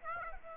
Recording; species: mosquito wingbeat signal from an infrared sensor; Aedes aegypti